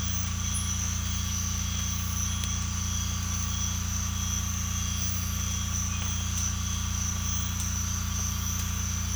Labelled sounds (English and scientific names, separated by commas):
none